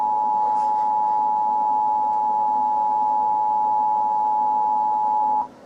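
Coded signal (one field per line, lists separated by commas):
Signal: Emergency Alert System (SAME) tones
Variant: 853 and 960 Hz attention tone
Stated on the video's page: Simulated EAS scenario recreating severe weather coverage, not a real broadcast.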